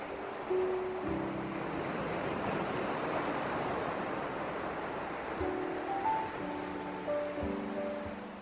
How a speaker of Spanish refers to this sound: Acantilados del mar, por Audrock.